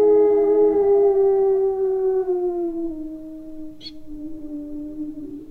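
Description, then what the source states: Dog howling in one long, tonal, slowly falling note with rich harmonics, with a brief sharp click near the end. Very large black-furred dog.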